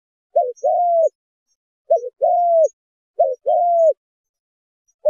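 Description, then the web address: Spotted dove calling: short stuttered note leading into a smooth, slightly falling coo, repeated roughly every one and a half seconds. Spotted dove calling to its flock in the song style called 'giọng chuông thổ đồng'. "Tieng chim Cu gay giong chuong tho dong. tieng chim cu gay giong tho chuong dong goi bay"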